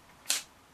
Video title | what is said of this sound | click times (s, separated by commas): Baby Fairy Colouring - Pt 1 | whenever you need to and when you're putting the lids back on make sure that they click | 0.3 s